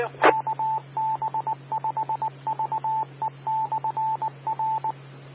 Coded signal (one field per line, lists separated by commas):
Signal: Morse code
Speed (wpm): 19 wpm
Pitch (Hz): 880 Hz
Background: speech, radio noise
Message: KB5VE/R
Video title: 2019-12-16 - K5IJX 146.6700 MHz Repeater